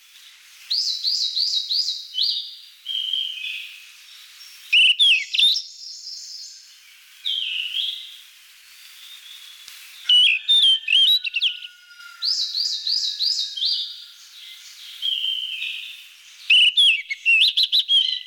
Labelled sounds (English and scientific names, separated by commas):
Yellow-rumped Flycatcher (Ficedula zanthopygia) song